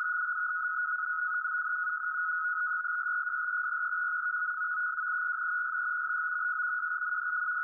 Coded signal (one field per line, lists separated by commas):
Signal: NAVTEX (SITOR-B)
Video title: 516 kHz NAVTEX